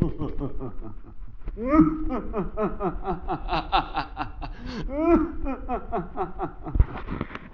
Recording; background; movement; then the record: laughter; quiet; sitting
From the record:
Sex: male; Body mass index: 21.0 kg/m2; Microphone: on the chest, facing the body